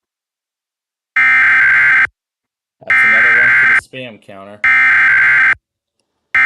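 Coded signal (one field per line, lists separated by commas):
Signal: Emergency Alert System (SAME) tones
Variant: header bursts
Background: speech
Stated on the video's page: Weekly test alert tones heard on a live stream.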